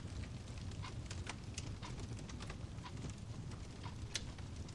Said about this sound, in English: The open stone fireplace burns gently, warming the entire house.